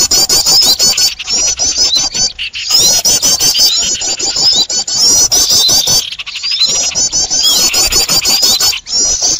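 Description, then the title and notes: Birds squealing and chattering nonstop, shrill rapid notes layered over crackling clicks, with a few brief pauses along the way. Noisy bird chatter, used as a lure for trapping birds. "Burung Ribut Pikat"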